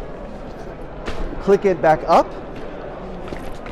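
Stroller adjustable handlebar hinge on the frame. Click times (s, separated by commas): 1.1 s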